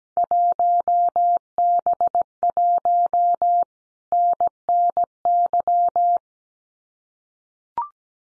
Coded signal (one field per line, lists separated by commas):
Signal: Morse code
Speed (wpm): 17 wpm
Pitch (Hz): 700 Hz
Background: none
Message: 1B1 NNY